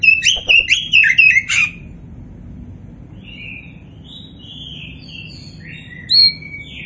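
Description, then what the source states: Oriental magpie-robin opens with a loud run of slurred whistles, followed by softer scattered whistled notes. A 'kacer poci' type magpie-robin described as 'gacor', the bird-keepers' term for a bird in full, continuous song.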